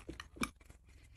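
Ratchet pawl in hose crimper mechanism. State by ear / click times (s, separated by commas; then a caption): not seated / none. With the knob turned to "work" and tightened, the handle of a hose crimper is worked so its ratchet pawl engages and locks in. A few short, bright ticks are heard, the loudest and sharpest near 0.4 seconds, followed by quiet handling noise. The crimper is handled but nothing has seated yet.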